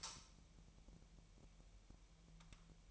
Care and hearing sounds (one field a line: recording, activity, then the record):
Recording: daily activity, microphone in the room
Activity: light on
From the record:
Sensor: 1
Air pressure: 1001.9 hPa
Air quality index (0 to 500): 249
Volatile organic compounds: 53 ppm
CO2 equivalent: 3331 ppm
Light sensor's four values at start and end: 5/11/4/5 and 15/48/19/19